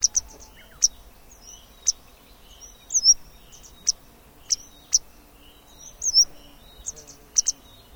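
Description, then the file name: Tit calls: short high thin notes, single and in quick pairs, scattered throughout with a few fuller chirps, over faint low background noise. A pair of tits giving a call sequence. "BIRD TIT PAIR CALL SEQUENCE"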